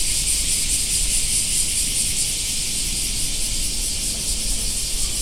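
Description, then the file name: Black cicada drone, a constant high electric buzz with a faint rapid wavering in its upper part, plus some low rumbling noise underneath. "black cicadas"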